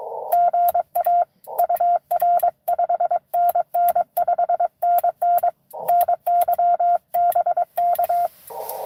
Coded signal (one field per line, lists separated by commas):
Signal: Morse code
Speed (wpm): 22 wpm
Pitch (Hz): 700 Hz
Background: radio noise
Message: GA UR 5NN 5NN NY BK